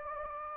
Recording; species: mosquito wingbeat signal from an infrared sensor; Anopheles gambiae